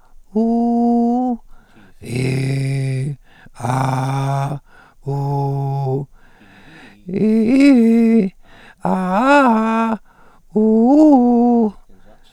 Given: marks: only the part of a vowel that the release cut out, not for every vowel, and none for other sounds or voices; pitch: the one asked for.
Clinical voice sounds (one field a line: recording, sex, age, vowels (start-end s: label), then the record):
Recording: sustained vowels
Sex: male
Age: 70 to 79 years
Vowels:
0.44-1.24 s: vowel /u/, high pitch
2.44-3.02 s: vowel /i/, low pitch
3.73-4.47 s: vowel /a/, low pitch
5.15-5.97 s: vowel /u/, low pitch
7.25-8.17 s: vowel /i/, low-high-low pitch
8.93-9.87 s: vowel /a/, low-high-low pitch
10.71-11.59 s: vowel /u/, low-high-low pitch
From the record:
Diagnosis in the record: recurrent laryngeal nerve paralysis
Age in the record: 76 years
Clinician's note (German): Links, unvollständige (hyperfunktionelle) Kompensation